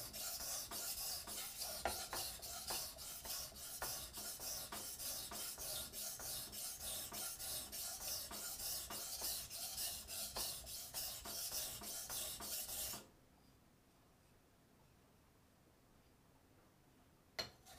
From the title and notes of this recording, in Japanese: 環境音 久しぶりの包丁研ぎ。3本研いで少し疲れました。